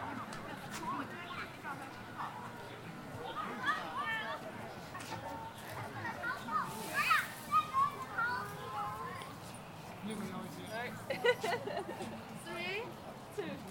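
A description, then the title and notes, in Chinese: Voices chatter outdoors at Ditan in Beijing, several people talking at once with no single speaker standing out. A few louder phrases come through around seven and eleven seconds, over a low, steady murmur of city traffic. 城市声音。北京地坛。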